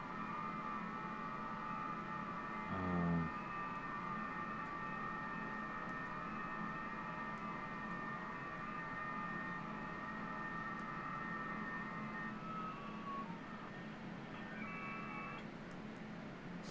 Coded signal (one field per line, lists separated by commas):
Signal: FT8